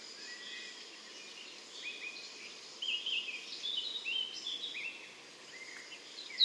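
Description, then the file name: European robin song: scattered high thin notes and short warbled slurs, some dropping in pitch, varied phrases with a louder note at the very end, over soft hiss. "Erithacus rubecula"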